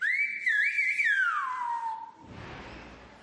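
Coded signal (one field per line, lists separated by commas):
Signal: whistled language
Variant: Silbo Gomero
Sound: a single loud whistle rising, wavering, then gliding down, followed by faint room hiss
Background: room hiss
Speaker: Dans l'école de La Gomera, les enfants continuent leur cours de sifflement.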